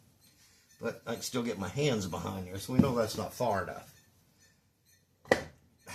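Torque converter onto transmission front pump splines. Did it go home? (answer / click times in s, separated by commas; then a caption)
partly / 5.3 s. A steel torque converter is turned and pushed onto the transmission input and front pump splines while someone talks. A sharp click at 5.3 s marks the second spline engaging. The converter is still not seated far enough, since the aim is three clicks.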